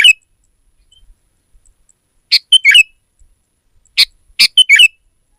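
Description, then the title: Sooty-headed bulbul producing two short, lively phrases of bright, tumbling notes separated by silence. "kutilang"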